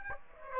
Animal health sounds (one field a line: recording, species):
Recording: mosquito wingbeat signal from an infrared sensor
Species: Aedes aegypti